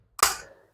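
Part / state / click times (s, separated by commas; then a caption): telescoping foot into the leg tube of a toilet frame / seated / 0.2 s. A telescoping foot is slid onto the leg tube of a toilet safety frame to adjust its height. The spring button snaps into its hole with one sharp click at 0.2 s, which fades quickly. The foot is locked in place.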